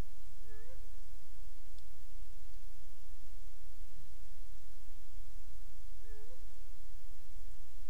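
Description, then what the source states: Owl hoots: a single low, slightly rising hooted note with a soft upward inflection, given twice about five and a half seconds apart over steady background hiss. Recorded on 1 December 2020 in the evening, around 18:10; the identification as a barred owl is marked uncertain.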